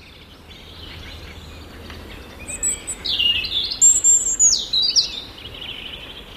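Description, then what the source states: European robin singing a thin, high warbled phrase of slurred notes. Played at a listener's request.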